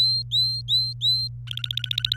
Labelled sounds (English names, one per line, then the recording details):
Domestic Canary song
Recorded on 26 April 2018 at 18:18
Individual llb3